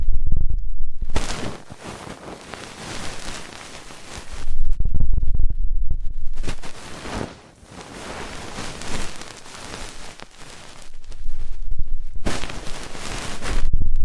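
Ear cleaning sounds, with dense, crackly scratching and rustling that fills the clip in long stretches. Heavy low thumps and muffled rubbing rise around the start, near 5 seconds and again toward the end, while quieter bristly scraping continues between them.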